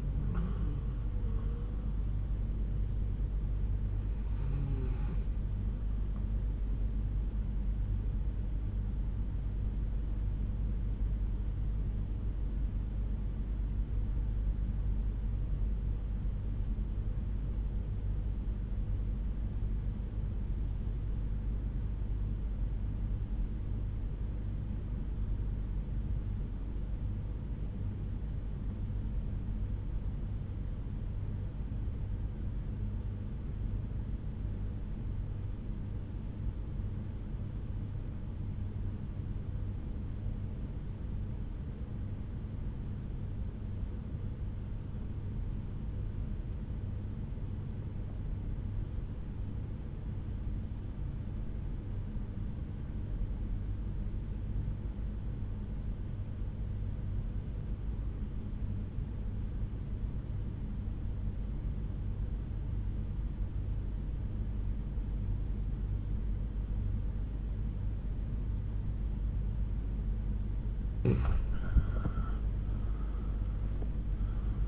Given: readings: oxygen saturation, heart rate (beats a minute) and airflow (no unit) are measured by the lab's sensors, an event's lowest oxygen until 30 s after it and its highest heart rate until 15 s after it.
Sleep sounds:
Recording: breathing in sleep by a smartphone at the bedside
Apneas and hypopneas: 1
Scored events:
10.00-69.20 s: obstructive apnea (REM, oxygen 95% highest, then 68% lowest, heart rate 63 at the start, 89 highest)
From the record:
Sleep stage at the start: REM sleep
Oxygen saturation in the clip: 74 to 95%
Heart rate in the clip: 63 to 82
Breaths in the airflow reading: 3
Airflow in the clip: -9.1 to 9.1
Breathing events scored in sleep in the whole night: 368 in 8.0 hours asleep

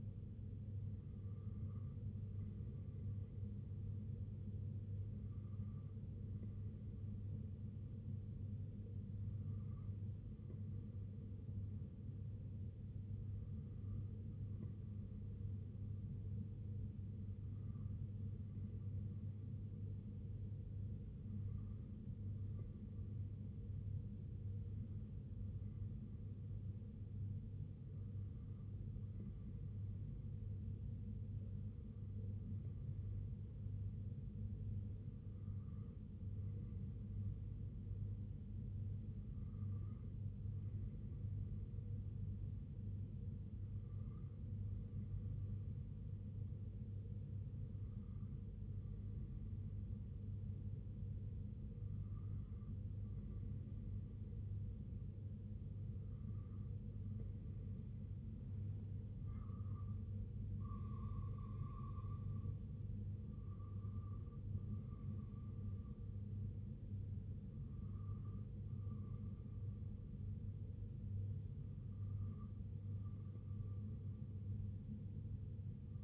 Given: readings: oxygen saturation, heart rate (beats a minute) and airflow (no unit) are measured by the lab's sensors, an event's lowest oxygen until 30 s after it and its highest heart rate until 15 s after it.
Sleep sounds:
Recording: breathing in sleep by a smartphone at the bedside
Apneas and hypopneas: 1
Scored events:
45.00-60.40 s: hypopnea (N3, oxygen 94% highest, then 93% lowest, heart rate 64 at the start, 80 highest)
60.00-76.04 s: new sleep stage, N2 (light sleep)
From the record:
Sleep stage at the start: N3 (deep sleep)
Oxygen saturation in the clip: 93 to 95%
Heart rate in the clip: 63 to 80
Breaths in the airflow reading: 20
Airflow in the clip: -5.2 to 3.4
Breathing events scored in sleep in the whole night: 258 in 7.4 hours asleep

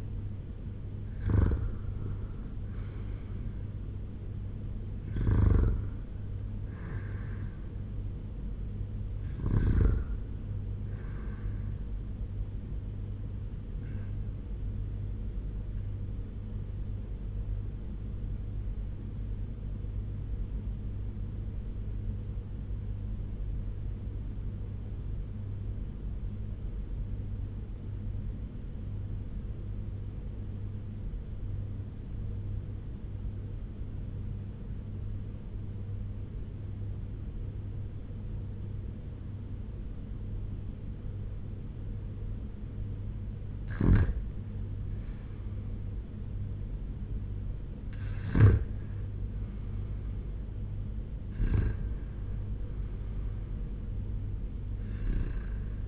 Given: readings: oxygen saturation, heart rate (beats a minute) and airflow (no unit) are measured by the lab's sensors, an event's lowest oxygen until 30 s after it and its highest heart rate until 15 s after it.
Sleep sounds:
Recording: breathing in sleep by a smartphone at the bedside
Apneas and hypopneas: 1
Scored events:
18.00-44.90 s: obstructive apnea (REM, oxygen 97% highest, then 88% lowest, heart rate 85 at the start, 88 highest)
From the record:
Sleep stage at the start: REM sleep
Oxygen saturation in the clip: 84 to 97%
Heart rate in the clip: 76 to 92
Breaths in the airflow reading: 6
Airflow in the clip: -9.6 to 7.1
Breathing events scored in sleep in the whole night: 201 in 6.5 hours asleep

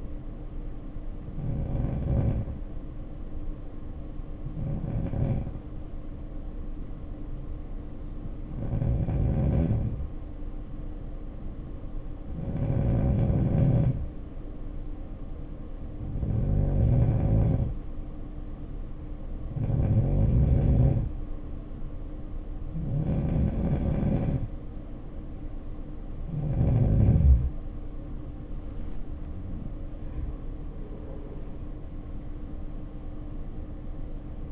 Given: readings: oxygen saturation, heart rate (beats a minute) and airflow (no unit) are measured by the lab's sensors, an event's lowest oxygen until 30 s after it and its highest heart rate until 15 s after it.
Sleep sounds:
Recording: breathing in sleep by a smartphone at the bedside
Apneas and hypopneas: 1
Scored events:
1.00-34.52 s: new sleep stage, N2 (light sleep)
7.00-24.60 s: hypopnea (N2, oxygen 94% highest, then 90% lowest, heart rate 58 at the start, 68 highest)
From the record:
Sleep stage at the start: N3 (deep sleep)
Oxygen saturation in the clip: 90 to 94%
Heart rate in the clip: 56 to 68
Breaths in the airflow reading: 9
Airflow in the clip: -8.1 to 8.5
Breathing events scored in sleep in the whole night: 520 in 7.2 hours asleep

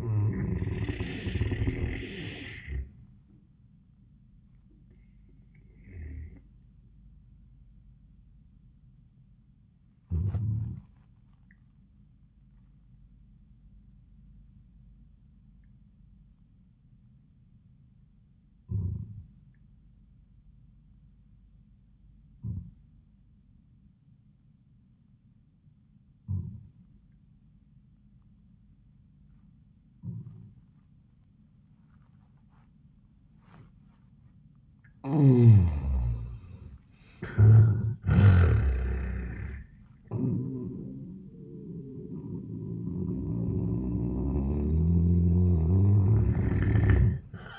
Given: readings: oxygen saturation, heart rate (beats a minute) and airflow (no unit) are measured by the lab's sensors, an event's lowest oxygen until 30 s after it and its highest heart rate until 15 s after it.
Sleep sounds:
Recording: breathing in sleep by a smartphone at the bedside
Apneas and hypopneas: 1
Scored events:
4.00-35.60 s: hypopnea (N1, oxygen 97% highest, then 76% lowest, heart rate 88 at the start, 94 highest)
14.00-44.00 s: new sleep stage, N2 (light sleep)
44.00-47.59 s: new sleep stage, N1 (lightest sleep)
From the record:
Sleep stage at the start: N1 (lightest sleep)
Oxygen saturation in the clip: 79 to 97%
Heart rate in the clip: 76 to 94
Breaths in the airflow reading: 7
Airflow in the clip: -33.0 to 29.6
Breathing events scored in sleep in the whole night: 400 in 8.7 hours asleep

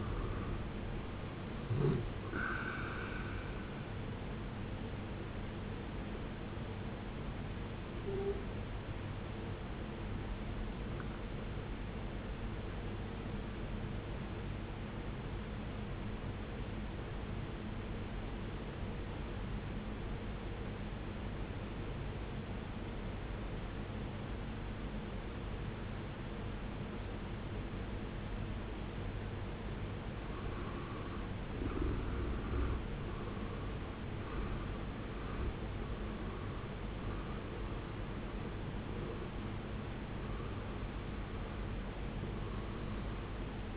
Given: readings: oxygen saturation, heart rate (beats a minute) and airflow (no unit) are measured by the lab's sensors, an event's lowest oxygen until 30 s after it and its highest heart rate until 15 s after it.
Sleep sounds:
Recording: breathing in sleep by a voice recorder at the bedside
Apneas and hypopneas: 1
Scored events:
10.00-28.80 s: obstructive apnea (N2, oxygen 95% highest, then 81% lowest, heart rate 67 at the start, 71 highest)
24.00-43.77 s: new sleep stage, N1 (lightest sleep)
From the record:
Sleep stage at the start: N2 (light sleep)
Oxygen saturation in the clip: 84 to 95%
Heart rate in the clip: 60 to 71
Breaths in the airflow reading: 4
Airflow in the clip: -11.9 to 14.3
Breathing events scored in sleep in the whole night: 389 in 6.3 hours asleep

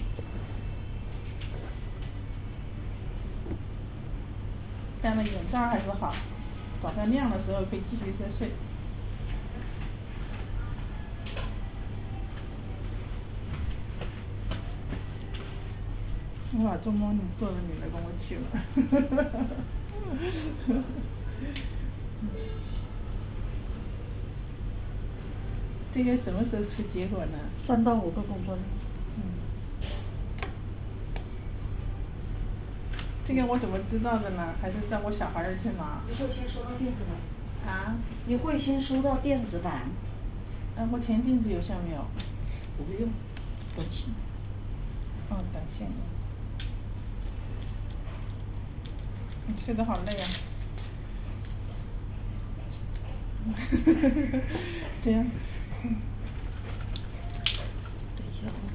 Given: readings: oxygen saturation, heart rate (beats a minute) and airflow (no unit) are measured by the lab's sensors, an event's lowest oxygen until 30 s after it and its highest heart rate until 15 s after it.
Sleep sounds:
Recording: a person awake in a sleep study, by a smartphone at the bedside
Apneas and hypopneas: none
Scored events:
0.00-58.75 s: awake
From the record:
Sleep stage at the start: awake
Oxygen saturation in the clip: 96 to 97%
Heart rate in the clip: 68 to 77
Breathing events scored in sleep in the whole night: 305 in 9.6 hours asleep

